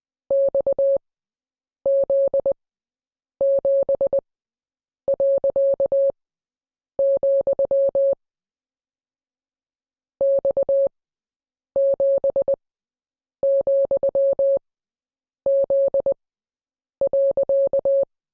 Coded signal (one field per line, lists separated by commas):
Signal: Morse code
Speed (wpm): 20 wpm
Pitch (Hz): 550 Hz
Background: none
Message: XZ7., X7,Z.